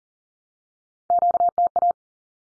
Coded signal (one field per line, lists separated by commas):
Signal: Morse code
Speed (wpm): 40 wpm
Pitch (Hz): 700 Hz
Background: none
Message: QTA